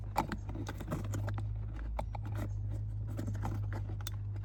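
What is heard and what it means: A flipped wire terminal is pushed into the plastic housing of a Jeep's vehicle wiring connector over a steady low hum and light handling taps. It clicks into place at 2.0 s and 4.1 s, and both wires end up seated and secure.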